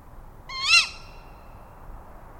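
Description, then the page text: Tawny owl giving a single harsh, rising-then-falling kewick call, rich in harmonics, lasting under half a second, against a faint low background hum. "Resources for the Tawny Owl Point Survey. BTO - British Trust for Ornithology"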